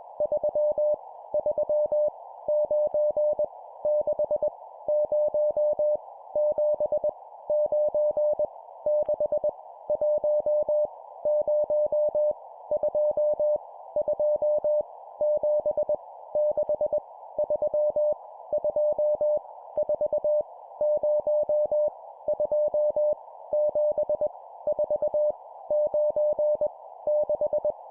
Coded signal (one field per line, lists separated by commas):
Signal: Morse code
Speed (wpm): 21 wpm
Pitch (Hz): 600 Hz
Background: none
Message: 3 3 9 6 0 7 9 6 1 0 2 2 7 6 3 2 4 0 2 7 4 9 6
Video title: 20wpm Random Numbers, improve cw morse code copy speed